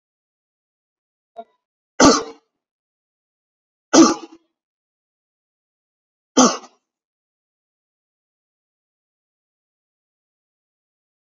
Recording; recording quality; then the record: heavy voluntary cough; excellent, no background noise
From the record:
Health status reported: healthy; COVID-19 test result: negative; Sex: male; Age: 33 years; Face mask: worn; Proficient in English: yes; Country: India